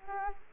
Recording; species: mosquito wingbeat signal from an infrared sensor; Culex quinquefasciatus